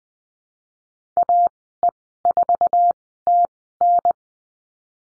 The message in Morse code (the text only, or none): AE4TN